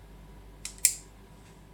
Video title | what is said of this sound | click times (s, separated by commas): FT-22 Fans Toys Koot AKA Kup review | push it, just that extra click. | 0.6 s, 0.9 s